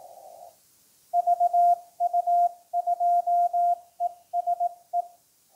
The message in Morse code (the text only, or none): VU2ESE